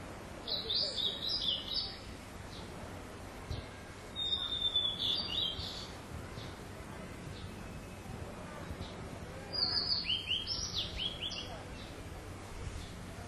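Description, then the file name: Blue-and-white flycatcher song in three bursts of high whistled and warbled phrases separated by pauses of a few seconds, with constant low rumbling background noise. "ooruri"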